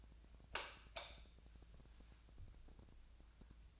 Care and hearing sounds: daily activity, microphone in the room; light on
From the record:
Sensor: 2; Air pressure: 999.8 hPa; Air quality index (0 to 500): 117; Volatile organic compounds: 2 ppm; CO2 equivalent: 1008 ppm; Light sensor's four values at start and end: 23/59/25/28 and 28/77/32/34

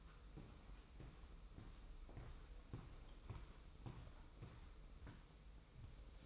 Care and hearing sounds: daily activity, microphone in the room; walk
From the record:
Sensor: 1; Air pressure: 990.7 hPa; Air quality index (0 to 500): 150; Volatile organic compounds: 1000 ppm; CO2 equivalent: 5448 ppm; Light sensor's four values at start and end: 26/62/26/28 and 23/55/23/25

